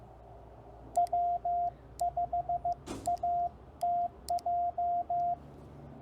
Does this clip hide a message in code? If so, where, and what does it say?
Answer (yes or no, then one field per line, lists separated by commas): yes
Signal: Morse code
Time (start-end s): 1.0-5.3 s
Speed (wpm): 15 wpm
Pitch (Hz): 700 Hz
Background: radio noise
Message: W5ATJ